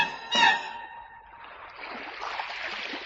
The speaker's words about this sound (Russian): Ну, позвольте, я слышу, волны гудят. Неужели море? Неужели море?